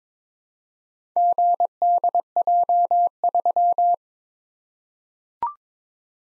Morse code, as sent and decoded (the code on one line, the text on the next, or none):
--. -.. .--- ...--
GDJ3